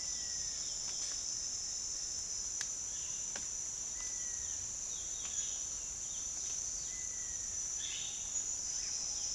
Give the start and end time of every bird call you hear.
[2.80, 8.37] bird call (1.1-4.7 kHz)

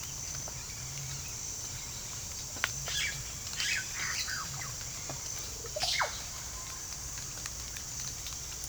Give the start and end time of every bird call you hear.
[0.00, 2.27] bird call (0.8-6.6 kHz)
[2.58, 4.91] bird call (0.4-9.0 kHz)
[5.27, 6.21] bird call (0.2-7.4 kHz)

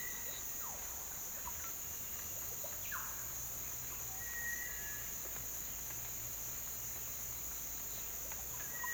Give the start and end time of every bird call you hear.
[2.57, 3.04] bird call (0.3-3.2 kHz)
[4.24, 5.01] bird call (1.2-2.5 kHz)

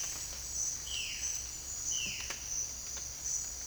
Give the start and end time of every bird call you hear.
[0.00, 2.50] bird call (0.9-4.3 kHz)

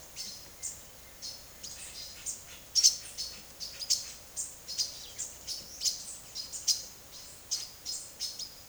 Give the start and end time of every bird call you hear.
[0.00, 2.42] bird call (1.2-11.4 kHz)
[2.69, 8.69] bird call (1.5-11.8 kHz)

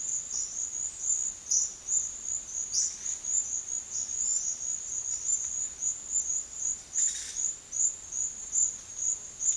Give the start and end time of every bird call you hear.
[0.32, 0.71] bird call (4.6-7.6 kHz)
[1.49, 1.73] bird call (4.5-7.0 kHz)
[2.73, 3.00] bird call (4.0-7.3 kHz)

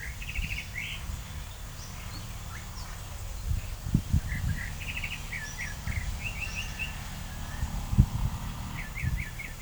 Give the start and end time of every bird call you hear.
[0.00, 1.09] bird call (0.8-3.7 kHz)
[4.23, 7.08] bird call (1.3-3.4 kHz)
[8.63, 9.61] bird call (1.5-3.3 kHz)

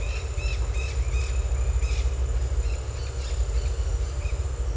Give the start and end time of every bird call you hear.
[0.00, 2.21] bird call (1.6-7.1 kHz)

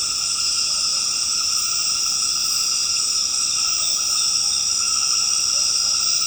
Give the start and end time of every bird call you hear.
[5.50, 6.01] bird call (0.2-0.8 kHz)

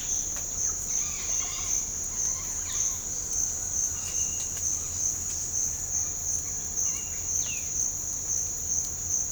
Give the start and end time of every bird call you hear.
[0.89, 2.99] bird call (0.3-5.8 kHz)
[6.80, 7.15] bird call (0.5-3.5 kHz)

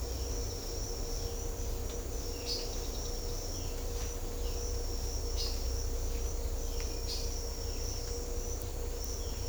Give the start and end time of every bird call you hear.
[2.35, 3.23] bird call (1.9-5.3 kHz)
[5.36, 5.56] bird call (2.3-5.6 kHz)
[7.08, 7.27] bird call (2.6-5.6 kHz)

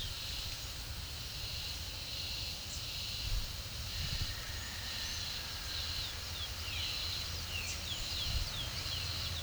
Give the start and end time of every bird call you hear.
[4.85, 9.43] bird call (1.8-6.9 kHz)

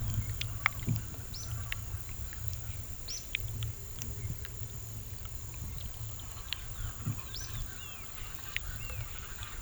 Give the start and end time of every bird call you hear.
[1.25, 1.55] bird call (3.6-6.7 kHz)
[3.03, 3.30] bird call (3.7-6.7 kHz)
[6.57, 9.61] bird call (1.0-6.5 kHz)

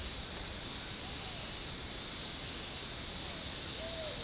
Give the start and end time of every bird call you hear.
[3.80, 4.18] bird call (0.2-1.0 kHz)

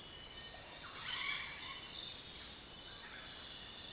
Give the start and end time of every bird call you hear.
[1.02, 1.79] bird call (0.8-5.1 kHz)

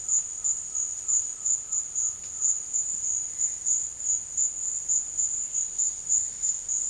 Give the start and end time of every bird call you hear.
[0.00, 2.55] bird call (0.6-1.9 kHz)

